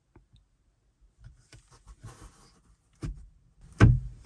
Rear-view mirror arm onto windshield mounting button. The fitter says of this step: did you hear the click?